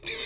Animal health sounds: pig call; weaner (32 to 43 days)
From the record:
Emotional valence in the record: negative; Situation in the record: long isolation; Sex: female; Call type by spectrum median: high-frequency call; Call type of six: high-frequency stable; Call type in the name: high-frequency stable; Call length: 0.27 s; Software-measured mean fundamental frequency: 399 Hz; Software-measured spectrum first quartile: 4266 Hz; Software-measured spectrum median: 6285 Hz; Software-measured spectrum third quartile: 7419 Hz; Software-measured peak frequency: 6796 Hz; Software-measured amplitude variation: 119 dB a second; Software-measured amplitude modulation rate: 20.7 a second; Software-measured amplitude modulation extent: 5.7 dB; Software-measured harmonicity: 0.3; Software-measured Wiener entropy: -1.81

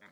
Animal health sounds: pig call; piglet (1 to 25 days)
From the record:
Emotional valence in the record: positive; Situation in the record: short reunion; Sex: female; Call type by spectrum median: low-frequency call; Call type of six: low-frequency tonal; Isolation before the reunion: 3 minutes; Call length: 0.12 s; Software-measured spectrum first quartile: 653 Hz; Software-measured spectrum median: 1476 Hz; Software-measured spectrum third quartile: 2030 Hz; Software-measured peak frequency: 1981 Hz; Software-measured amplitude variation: 84 dB a second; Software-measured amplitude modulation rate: 12.5 a second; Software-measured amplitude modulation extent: 6.7 dB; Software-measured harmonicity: -1.1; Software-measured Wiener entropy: -0.45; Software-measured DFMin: 1030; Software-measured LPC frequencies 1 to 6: 912, 1696, 2060, 3420, 5998, 7130 Hz

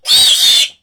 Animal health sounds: pig call; piglet (1 to 25 days)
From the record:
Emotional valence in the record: negative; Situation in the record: restrain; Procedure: back test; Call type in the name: high-frequency call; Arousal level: maximum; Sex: male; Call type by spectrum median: high-frequency call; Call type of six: high-frequency stable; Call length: 0.82 s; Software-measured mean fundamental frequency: 220 Hz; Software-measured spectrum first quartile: 3532 Hz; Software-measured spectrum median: 4232 Hz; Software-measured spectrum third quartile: 6026 Hz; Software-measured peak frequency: 3516 Hz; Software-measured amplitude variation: 158 dB a second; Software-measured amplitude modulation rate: 14.0 a second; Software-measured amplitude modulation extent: 11.3 dB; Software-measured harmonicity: 5.0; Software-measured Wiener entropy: -2.67

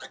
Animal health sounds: pig call; piglet (1 to 25 days)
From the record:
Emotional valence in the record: negative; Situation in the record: long isolation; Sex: female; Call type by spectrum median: high-frequency call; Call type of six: low-frequency tonal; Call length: 0.10 s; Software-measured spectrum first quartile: 1237 Hz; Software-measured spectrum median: 2553 Hz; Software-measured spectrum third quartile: 4738 Hz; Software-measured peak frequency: 1523 Hz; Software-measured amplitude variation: 158 dB a second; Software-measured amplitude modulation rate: 4.9 a second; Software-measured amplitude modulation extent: 32.0 dB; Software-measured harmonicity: 0.0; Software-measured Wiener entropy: -1.61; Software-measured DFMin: 1205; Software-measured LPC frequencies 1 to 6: 689, 1566, 3319, 3675, 5623, 6254 Hz

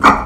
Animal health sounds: pig call; growing-finishing pig (85 days or more)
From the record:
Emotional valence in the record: negative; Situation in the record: barren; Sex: female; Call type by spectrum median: high-frequency call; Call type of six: low-frequency tonal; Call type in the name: low-frequency tonal, not sure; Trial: 3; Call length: 0.27 s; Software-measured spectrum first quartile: 622 Hz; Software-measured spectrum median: 1076 Hz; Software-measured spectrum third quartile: 1355 Hz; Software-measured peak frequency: 1158 Hz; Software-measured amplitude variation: 129 dB a second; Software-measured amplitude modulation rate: 9.4 a second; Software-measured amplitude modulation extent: 13.7 dB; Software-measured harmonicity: 1.2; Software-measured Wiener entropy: -1.03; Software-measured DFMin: 651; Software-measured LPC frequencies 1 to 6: 1233, 2239, 3543, 4446, 5626, 6607 Hz

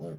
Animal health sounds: pig call; piglet (1 to 25 days)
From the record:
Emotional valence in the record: negative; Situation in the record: short isolation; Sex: female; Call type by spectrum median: low-frequency call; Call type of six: low-frequency stable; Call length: 0.19 s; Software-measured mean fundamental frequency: 63 Hz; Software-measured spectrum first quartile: 170 Hz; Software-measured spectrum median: 313 Hz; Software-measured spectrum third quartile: 500 Hz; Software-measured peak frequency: 165 Hz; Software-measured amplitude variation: 89 dB a second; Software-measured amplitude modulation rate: 18.8 a second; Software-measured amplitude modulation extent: 4.7 dB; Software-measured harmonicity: 0.8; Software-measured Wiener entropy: -0.09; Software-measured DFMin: 966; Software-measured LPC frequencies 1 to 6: 499, 3181, 4373, 5174, 5912, 6767 Hz

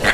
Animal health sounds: pig call; piglet (1 to 25 days)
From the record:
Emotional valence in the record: positive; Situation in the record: reunion after long isolation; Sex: male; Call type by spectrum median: low-frequency call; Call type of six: low-frequency tonal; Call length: 0.13 s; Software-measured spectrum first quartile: 665 Hz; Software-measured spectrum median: 1570 Hz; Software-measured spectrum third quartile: 2239 Hz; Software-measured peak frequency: 1601 Hz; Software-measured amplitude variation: 113 dB a second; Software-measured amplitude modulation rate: 11.2 a second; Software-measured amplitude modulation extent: 10.1 dB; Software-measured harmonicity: -0.1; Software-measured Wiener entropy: -1.11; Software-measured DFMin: 1205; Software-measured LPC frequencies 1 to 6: 639, 1597, 1952, 3392, 4203, 5620 Hz

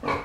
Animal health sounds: pig call; growing-finishing pig (85 days or more)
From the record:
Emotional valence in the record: positive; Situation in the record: run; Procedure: transit

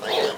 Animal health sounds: pig call; piglet (1 to 25 days)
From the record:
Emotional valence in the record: positive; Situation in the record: huddling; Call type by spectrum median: low-frequency call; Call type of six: high-frequency stable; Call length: 0.38 s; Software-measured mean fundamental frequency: 220 Hz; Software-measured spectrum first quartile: 534 Hz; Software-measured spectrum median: 1114 Hz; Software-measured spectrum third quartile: 3228 Hz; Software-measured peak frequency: 443 Hz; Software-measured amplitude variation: 120 dB a second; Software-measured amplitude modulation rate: 19.6 a second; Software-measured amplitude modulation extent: 6.1 dB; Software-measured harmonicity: 2.0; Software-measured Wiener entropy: -1.75

